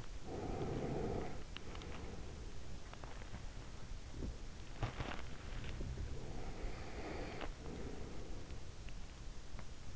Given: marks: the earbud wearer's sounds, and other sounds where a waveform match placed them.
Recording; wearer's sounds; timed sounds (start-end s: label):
sounds in sleep by an in-ear microphone; breath, body movement
0.00-2.62 s: breath
4.50-5.25 s: body movement
5.25-9.11 s: breath